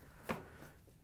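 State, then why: Seated. During a Samsung dryer thermostat (DC47-00018A) replacement, the dryer's control console is pushed up so its plastic tabs lock into the openings in the front panel. A single sharp snap is heard at 0.3 s, with a brief rattle trailing off against a quiet background. The console is seated, with its tabs locked in place.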